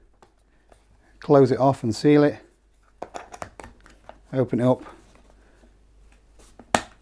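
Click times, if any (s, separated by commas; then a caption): 6.8 s. Someone talks while the plastic lid on a camping mug is handled with small clicks and scrapes. The lid's opening tab is then folded back and locks into place with a sharp snap at 6.8 s.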